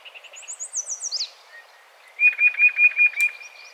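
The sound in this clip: Yellow-breasted chat song: soft quick notes and a high descending whistled run, a pause, then a loud even series of six or seven rapid repeated notes.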